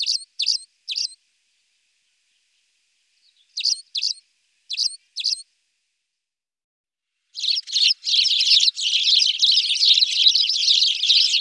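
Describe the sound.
Spanish sparrow giving scattered chirps, some in pairs, then breaking into a continuous harsh, dense chatter that fills the final seconds.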